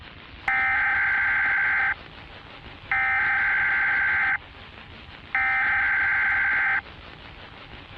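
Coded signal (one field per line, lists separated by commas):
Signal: Emergency Alert System (SAME) tones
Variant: header bursts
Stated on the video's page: Fictional EAS scenario, not a real alert.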